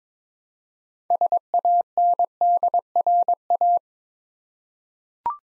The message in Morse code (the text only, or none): SANDRA